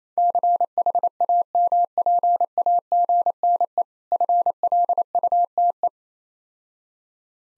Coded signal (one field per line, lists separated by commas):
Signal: Morse code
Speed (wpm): 28 wpm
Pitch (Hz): 700 Hz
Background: none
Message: CHAMPAGNE FLUTE